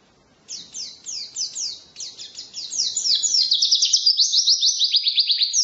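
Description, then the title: White-eye song: a string of slurred downward chirps about twice a second that speeds into a dense, rapid, high twittering trill. Wild white-eye (pleci ngalas) singing an 'isian' filling song, used as a tutor recording for training songbirds (masteran). "mster Mnuk. Pleci ngalas isian untuk masteran"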